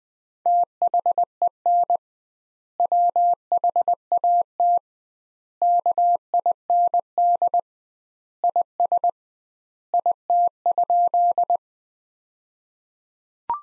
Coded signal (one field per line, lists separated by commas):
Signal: Morse code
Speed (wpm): 20 wpm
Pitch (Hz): 700 Hz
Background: none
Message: THEN WHAT KIND IS IT?